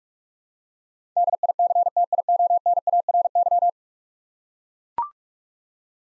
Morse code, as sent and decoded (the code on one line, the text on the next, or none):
-.. .. -.-. - .. --- -. .- .-. -.--
DICTIONARY